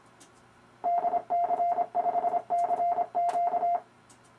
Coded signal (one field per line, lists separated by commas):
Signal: Morse code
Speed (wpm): 25 wpm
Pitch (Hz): 700 Hz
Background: none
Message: DC5CQ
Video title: Demonstration of RufzXP Morse Code practice program